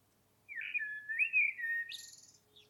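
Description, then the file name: Common blackbird singing a single smooth, flute-like warble that breaks into a high, hissy twitter at the end. "Turdus merula"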